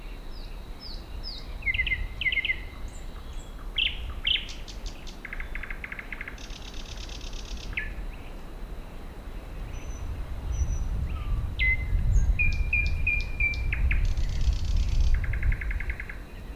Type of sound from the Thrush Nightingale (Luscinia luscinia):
song